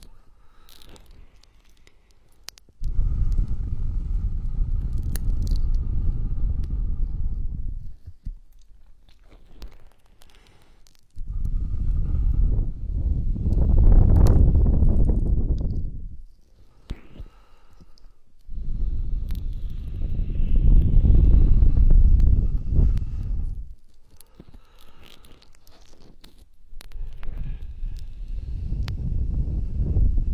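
Vigorous ear rubbing comes in long, heavy bursts of muffled, deep scraping, each lasting several seconds and swelling louder toward its middle before cutting off. Quiet pauses separate the passes, which start around 3, 11, 18 and 27 seconds.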